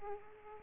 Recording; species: mosquito wingbeat signal from an infrared sensor; Aedes aegypti